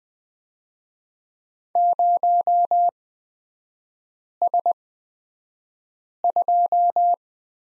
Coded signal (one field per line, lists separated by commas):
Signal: Morse code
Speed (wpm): 20 wpm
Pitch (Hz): 700 Hz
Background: none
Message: 0S2